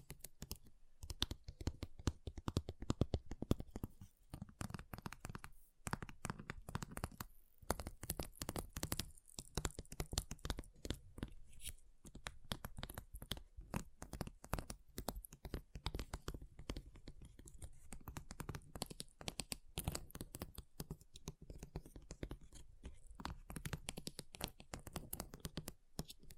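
Ice is tapped, scratched and carved in a dense run of short, sharp clicks and scrapes that continues for the whole stretch. The hits come quickly and irregularly with brief pauses, each one crisp and bright, over a low, quiet rumble.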